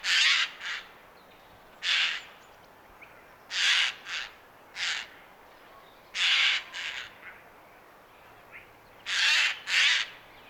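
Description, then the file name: Eurasian jay screeching: several harsh, rasping screeches at irregular intervals, some in pairs of a loud screech followed by a shorter one. "Garrulus glandarius"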